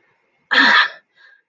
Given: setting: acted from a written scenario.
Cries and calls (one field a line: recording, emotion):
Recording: vocal sound without words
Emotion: anger